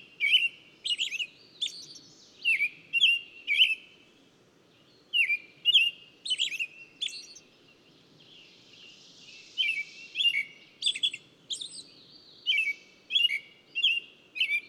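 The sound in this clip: Bird song with repeated sharp chirps in loose groups separated by brief pauses, over a low background hum.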